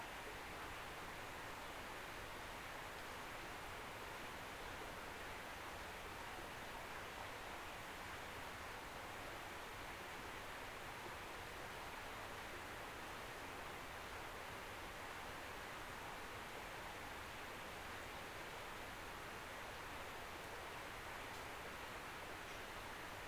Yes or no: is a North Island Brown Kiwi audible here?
no